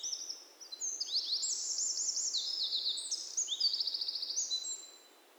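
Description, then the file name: Eurasian wren song, an energetic, very high cascade of rapid trills and ringing notes running for about five seconds before fading. "Troglodytes troglodytes"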